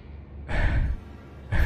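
Two heavy, breathy exhalations, the first long and rough, the second shorter and sharper after a brief pause, with no talking, from a man who has slumped down to sit on the floor, panting.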